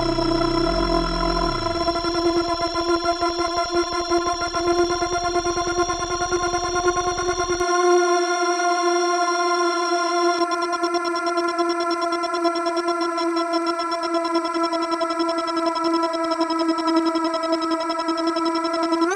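A digital insect swarm buzzes as one steady, dense electronic drone around a single pitch, stacked with many bright overtones. A low rumble underneath drops out after about eight seconds, leaving a thinner, fluttering buzz that holds at constant loudness to the end.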